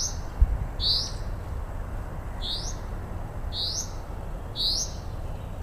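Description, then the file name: Common Chaffinch uttering short rising whistled calls at uneven intervals, with a single dull knock early on and a low background rumble throughout. "Fringilla coelebs"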